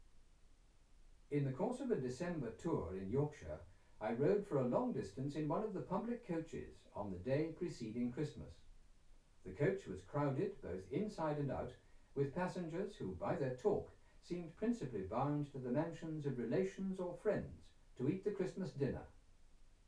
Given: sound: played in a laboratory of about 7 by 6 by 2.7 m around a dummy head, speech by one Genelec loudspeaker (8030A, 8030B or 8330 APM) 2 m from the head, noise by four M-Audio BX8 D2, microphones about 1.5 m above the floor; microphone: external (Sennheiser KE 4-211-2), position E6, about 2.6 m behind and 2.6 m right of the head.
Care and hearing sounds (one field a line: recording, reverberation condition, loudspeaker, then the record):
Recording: male speech in English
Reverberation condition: low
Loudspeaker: 150 degrees to the left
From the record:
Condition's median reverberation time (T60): about 310 ms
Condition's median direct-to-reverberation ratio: about 3.5 dB